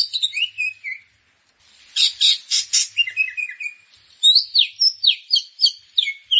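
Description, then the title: Grey-cheeked bulbul song: slurred descending whistles, a brief pause, then a burst of harsh buzzy notes followed by rapid chattering phrases sweeping up and down. "Kicau Burung Cucak Jenggot"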